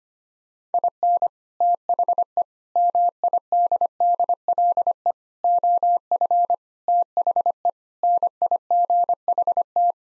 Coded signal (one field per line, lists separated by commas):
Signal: Morse code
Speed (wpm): 25 wpm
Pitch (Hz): 700 Hz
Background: none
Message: IN THE MIDDLE OF THE NIGHT